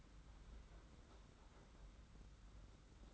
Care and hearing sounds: daily activity, microphone in the room; open fridge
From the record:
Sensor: 3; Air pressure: 991.8 hPa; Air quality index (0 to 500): 215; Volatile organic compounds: 1000 ppm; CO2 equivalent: 7365 ppm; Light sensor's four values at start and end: 32/96/39/33 and 32/96/39/33

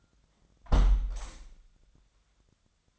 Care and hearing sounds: daily activity, microphone in the room; close window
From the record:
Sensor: 3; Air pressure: 1006.4 hPa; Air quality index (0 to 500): 196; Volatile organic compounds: 15 ppm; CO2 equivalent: 2492 ppm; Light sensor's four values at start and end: 10/23/9/9 and 10/23/9/9

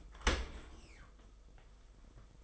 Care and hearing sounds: daily activity, microphone in the room; open dishwasher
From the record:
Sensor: 5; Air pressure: 990.6 hPa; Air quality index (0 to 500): 165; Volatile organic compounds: 308 ppm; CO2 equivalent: 4500 ppm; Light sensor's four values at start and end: 37/114/44/47 and 37/115/44/47

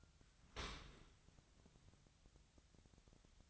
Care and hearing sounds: daily activity, microphone in the room; open dishwasher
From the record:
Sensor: 3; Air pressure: 1003.1 hPa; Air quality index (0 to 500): 196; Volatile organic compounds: 6 ppm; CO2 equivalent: 1910 ppm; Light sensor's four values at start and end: 20/48/20/21 and 20/48/20/22

